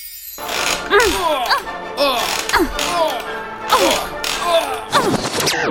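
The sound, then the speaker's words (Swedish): A rocking chair creaks in a steady rhythm, each groaning creak sweeping up and down in pitch, mixed with sharp, loud thwacks of tennis balls being struck repeatedly in recordings from a tennis match. “Du har just hört ljud från en knarrande gungstol. Ljudupptagningar från en tennismatch.”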